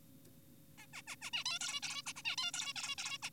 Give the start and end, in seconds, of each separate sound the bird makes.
0.78-0.87, 0.93-1.02, 1.07-1.16, 1.22-1.30, 1.34-1.44, 1.46-1.59, 1.61-1.81, 1.83-2.02, 2.06-2.13, 2.16-2.22, 2.25-2.36, 2.38-2.52, 2.54-2.73, 2.76-2.96, 2.98-3.18, 3.23-3.30